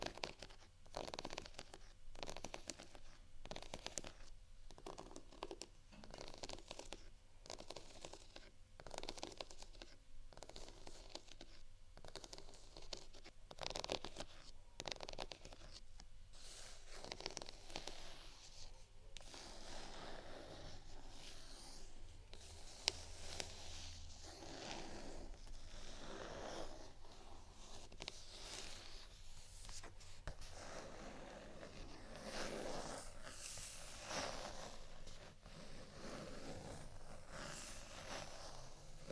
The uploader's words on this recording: ASMR Scratch & Tap On Textured Items & beat （No Talking）.